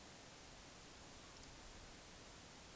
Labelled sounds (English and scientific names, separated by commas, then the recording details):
Eurasian Woodcock (Scolopax rusticola) whistle
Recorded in Baden-Württemberg, Germany, on 20 May 2021 at 19:53 UTC
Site 24606, 635 m above sea level